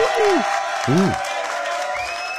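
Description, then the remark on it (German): A burst of canned applause played in as a sound effect after a poem: dense, steady clapping mixed with crowd noise and a few rising whoops or shouts, loud and sustained for a couple of seconds. “Nicht schlecht, da sehe ich mich ja quasi gleich wieder gezwungen, Beifall einzuspielen.”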